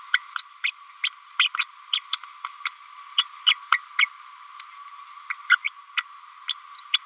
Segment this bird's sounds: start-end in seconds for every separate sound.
0.13-0.19, 0.38-0.42, 0.64-0.71, 1.03-1.09, 1.39-1.48, 1.57-1.65, 1.92-2.00, 2.13-2.18, 2.46-2.48, 2.65-2.70, 3.17-3.23, 3.46-3.55, 3.71-3.79, 3.98-4.06, 5.30-5.34, 5.49-5.56, 5.64-5.70, 5.97-6.03, 6.48-6.56, 6.77-6.81, 6.93-7.00